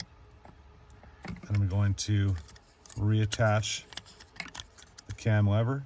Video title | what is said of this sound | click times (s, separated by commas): Sierra/Silverado/International CV OEM Power Inverter Install | Get it till it snaps in. | 0.0 s